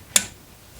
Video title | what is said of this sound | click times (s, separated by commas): Rear Brake Replacement 2018 Toyota C-HR With Electronic Parking Brake | and we all going to plug it back in until you hear it snap | 0.2 s